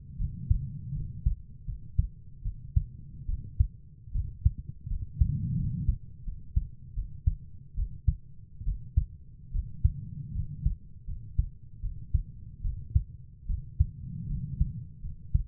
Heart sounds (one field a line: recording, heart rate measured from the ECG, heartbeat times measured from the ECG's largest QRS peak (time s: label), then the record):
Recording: heart sounds by stethoscope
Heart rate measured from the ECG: 77 bpm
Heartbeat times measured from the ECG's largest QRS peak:
0.18 s: heartbeat
0.94 s: heartbeat
1.66 s: heartbeat
2.43 s: heartbeat
3.27 s: heartbeat
4.13 s: heartbeat
4.89 s: heartbeat
5.57 s: heartbeat
6.25 s: heartbeat
6.95 s: heartbeat
7.76 s: heartbeat
8.65 s: heartbeat
9.52 s: heartbeat
10.34 s: heartbeat
11.07 s: heartbeat
11.82 s: heartbeat
12.63 s: heartbeat
13.47 s: heartbeat
14.28 s: heartbeat
15.02 s: heartbeat
From the record:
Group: healthy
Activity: rest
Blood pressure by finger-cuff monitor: 116/65 mmHg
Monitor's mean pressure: 80 mmHg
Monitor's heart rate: 75 bpm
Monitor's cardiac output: 6.8 L/min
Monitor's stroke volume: 87 mL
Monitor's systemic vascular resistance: 830 dyn s/cm5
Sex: female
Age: 22 years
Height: 160 cm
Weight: 63 kg